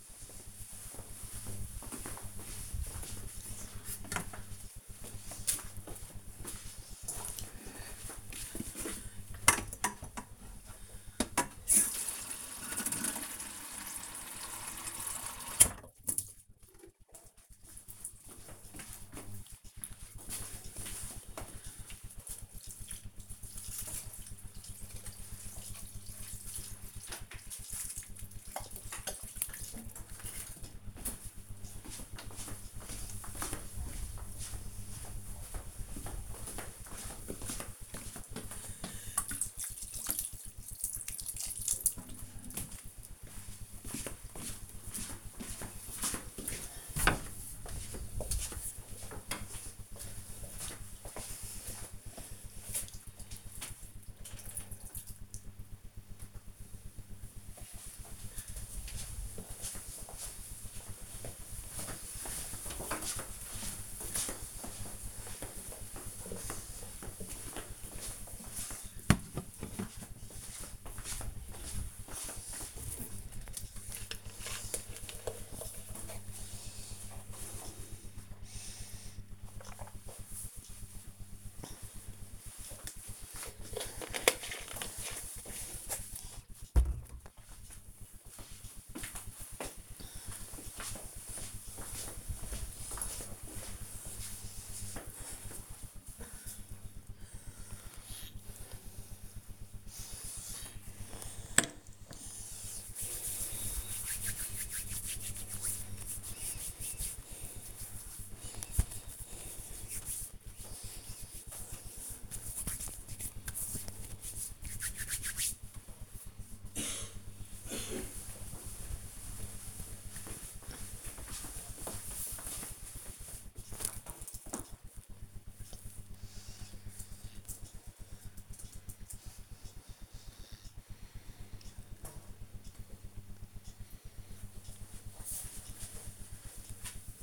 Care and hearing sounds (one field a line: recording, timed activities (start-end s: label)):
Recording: household activities, microphone on the right wrist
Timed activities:
8.40-55.70 s: watering plant
72.83-85.93 s: drinking
100.03-115.16 s: disinfecting hands
114.28 s: note: noise